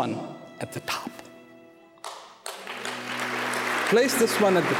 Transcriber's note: applause